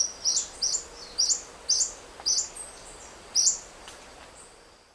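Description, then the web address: Olive-spotted hummingbird giving several high, thin chipping notes, with a pause before a final chip. South America, Eastern Lowlands. "Natures Songs S America Eastern Lowlands. Olive-spotted Hummingbird"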